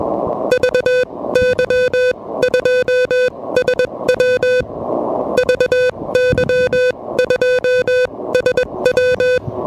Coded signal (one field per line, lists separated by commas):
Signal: Morse code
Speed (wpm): 21 wpm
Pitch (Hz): 500 Hz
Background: music, radio noise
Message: VY2SW VY2SW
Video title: Low-Profile QRP: A Relaxed (But Noisy) CW Activation at Parc des Moulins!